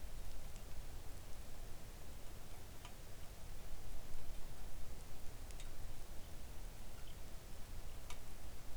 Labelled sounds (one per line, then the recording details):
bird
rain
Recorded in the Arctic National Wildlife Refuge, Alaska, on 3 August 2019 at 05:55
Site 41